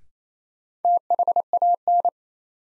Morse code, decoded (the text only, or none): THAN